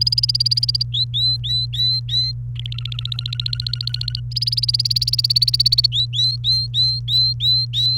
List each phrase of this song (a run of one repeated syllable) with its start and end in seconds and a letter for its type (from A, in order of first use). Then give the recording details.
0.01-0.83 A, 0.94-2.32 B, 2.56-4.20 C, 4.32-5.86 A, 5.92-7.98 B. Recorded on 28 April 2018 at 15:01. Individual llb3